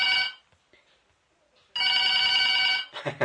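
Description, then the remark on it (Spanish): A telephone bell rings loudly in two bursts, a short clipped ring followed by a pause, then a longer, bright, buzzing ring, as a caller phones in to a live call-in advice show in Mexico. A voice briefly starts just as it ends. “Ahí está, por teléfono”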